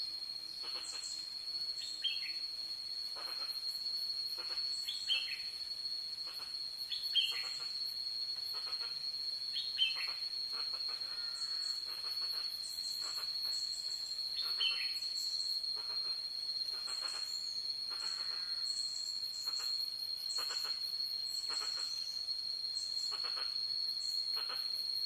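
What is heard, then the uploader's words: Forest sound with a steady, high insect whine running unbroken through the whole clip. Short descending bird calls repeat every few seconds, with fainter chirps and clicks scattered between them over a quiet, even background. Sound in the forest.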